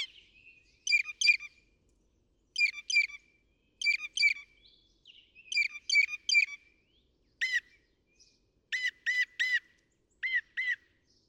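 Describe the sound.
Northern mockingbird song: short, rich chirping phrases repeated in clusters of two or three, then a switch to ringing, looped notes repeated in quick series.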